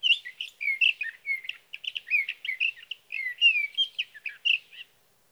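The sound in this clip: Sage thrasher delivering a fast, rambling warble of varied chirps and slurred whistles, flowing on without breaks for roughly five seconds, then ending.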